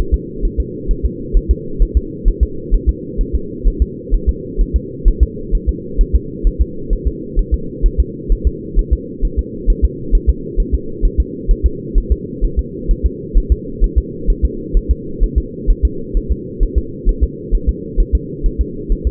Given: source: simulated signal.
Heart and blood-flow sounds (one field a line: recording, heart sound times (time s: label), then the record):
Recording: fetal heart sounds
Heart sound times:
0.14 s: S2
0.45 s: S1
0.60 s: S2
0.91 s: S1
1.05 s: S2
1.37 s: S1
1.51 s: S2
1.82 s: S1
1.97 s: S2
2.28 s: S1
2.43 s: S2
2.75 s: S1
2.89 s: S2
3.21 s: S1
3.35 s: S2
3.68 s: S1
3.82 s: S2
4.14 s: S1
4.29 s: S2
4.61 s: S1
4.76 s: S2
5.08 s: S1
5.23 s: S2
5.55 s: S1
5.69 s: S2
6.01 s: S1
6.15 s: S2
6.47 s: S1
6.61 s: S2
6.93 s: S1
7.07 s: S2
7.39 s: S1
7.54 s: S2
7.86 s: S1
8.00 s: S2
8.32 s: S1
8.47 s: S2
8.79 s: S1
8.93 s: S2
9.25 s: S1
9.39 s: S2
9.70 s: S1
9.84 s: S2
10.15 s: S1
10.30 s: S2
10.60 s: S1
10.74 s: S2
11.05 s: S1
11.20 s: S2
11.51 s: S1
11.66 s: S2
11.98 s: S1
12.12 s: S2
12.44 s: S1
12.59 s: S2
12.91 s: S1
13.06 s: S2
13.38 s: S1
13.52 s: S2
13.84 s: S1
13.98 s: S2
14.30 s: S1
14.45 s: S2
14.77 s: S1
14.91 s: S2
15.24 s: S1
15.38 s: S2
15.70 s: S1
15.85 s: S2
16.17 s: S1
16.31 s: S2
16.63 s: S1
16.78 s: S2
17.09 s: S1
17.24 s: S2
17.55 s: S1
17.69 s: S2
18.00 s: S1
18.15 s: S2
18.46 s: S1
18.61 s: S2
18.92 s: S1
19.07 s: S2
From the record:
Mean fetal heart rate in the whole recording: 130 bpm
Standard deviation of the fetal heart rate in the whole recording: 2 bpm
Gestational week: 38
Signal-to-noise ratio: -4.3 dB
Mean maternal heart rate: 72 bpm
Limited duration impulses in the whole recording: absent